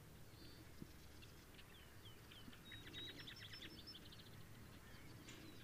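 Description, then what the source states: Brewer's sparrow song, faint: scattered high notes, then a rapid trilled series near the middle, against soft background noise. Recorded in Sierra Valley in 2009.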